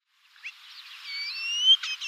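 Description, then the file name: Common starling song fragment: a drawn-out, slowly rising whistle, followed by brief clicking notes. "star vogel gesang"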